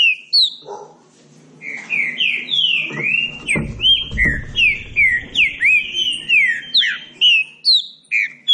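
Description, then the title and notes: Green-winged saltator song, a quick series of clear slurred whistled notes, briefly joined by a low rumble in the middle. Classic song style (canto clássico) recording intended for training. "Canto Clássico Trinca Ferro TREINAMENTO. trinca fero"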